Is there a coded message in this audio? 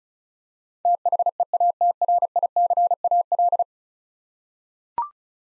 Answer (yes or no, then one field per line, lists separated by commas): yes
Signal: Morse code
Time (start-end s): 0.9-3.6 s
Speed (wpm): 36 wpm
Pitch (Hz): 700 Hz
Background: none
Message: THEATRICAL